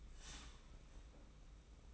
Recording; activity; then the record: daily activity, microphone in the room; start toaster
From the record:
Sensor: 1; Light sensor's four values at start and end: 33/110/43/44 and 33/110/43/44